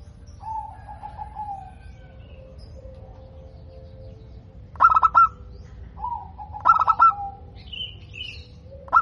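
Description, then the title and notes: Zebra dove song with drawn-out soft coos and three bursts of rapid rolling notes, plus a faint higher whistled note near the end. Local perkutut singing actively (gacor), described as having a clear, crystal-like loud voice. "PERKUTUT LOKAL GACOR Suara KRISTAL LANTANG. Kicau Burung Perkutut"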